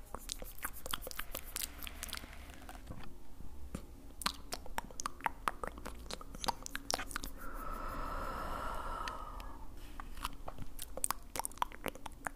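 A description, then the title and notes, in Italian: Mouth sounds: wet clicks and smacks come in quick, irregular succession for the whole twelve seconds. Around the eighth second a softer, denser crunching or chewing passage swells for about two seconds. A low, steady hum runs underneath throughout. ASMR mouth sounds triggers pulizia energetica. Mouth sounds rilassanti.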